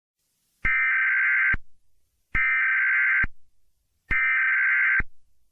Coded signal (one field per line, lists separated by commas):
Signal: Emergency Alert System (SAME) tones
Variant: header bursts